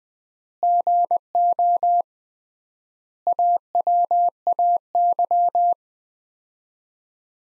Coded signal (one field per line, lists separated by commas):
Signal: Morse code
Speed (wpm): 20 wpm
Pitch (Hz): 700 Hz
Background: none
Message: GO AWAY